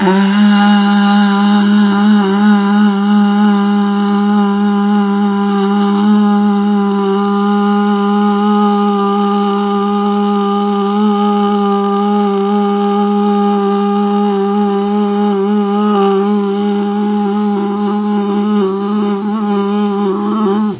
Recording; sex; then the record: sustained vowel /a/; female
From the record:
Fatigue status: no fatigue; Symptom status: symptomatic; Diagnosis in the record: COVID-19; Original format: 3gp